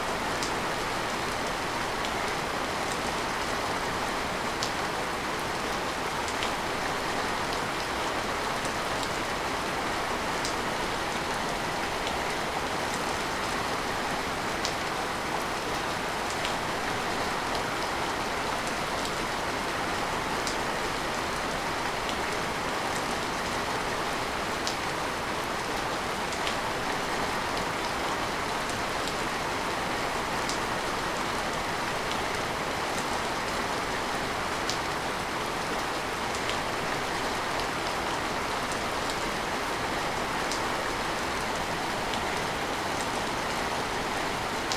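Steady, dense rain falls evenly throughout, a soft hiss brightened by frequent close drop ticks, with a faint low rumble underneath.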